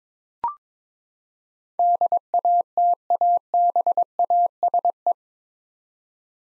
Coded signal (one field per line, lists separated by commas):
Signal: Morse code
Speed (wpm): 22 wpm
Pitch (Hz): 700 Hz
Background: none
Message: DATABASE